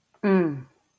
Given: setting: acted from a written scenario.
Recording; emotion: vocal sound without words; disappointment